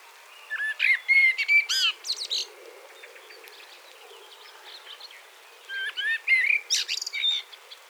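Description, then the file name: Common blackbird song: two phrases of mellow fluty warbling around mid pitch, each closing with thin high twittering notes, with a quiet pause between them. "Turdus merula"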